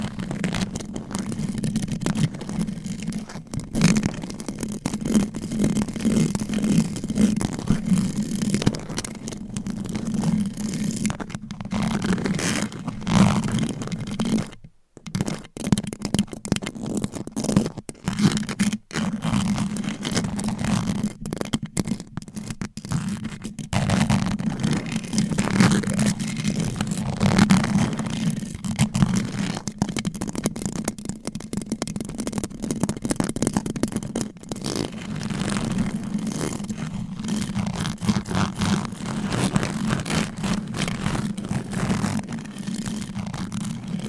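Fast, aggressive scratching on microphones with nails and mic covers, a dense rasping roar with a strong low hum running underneath. The scraping stays busy almost throughout, with a brief silence near 15 seconds and a few short breaks around 18 to 22 seconds.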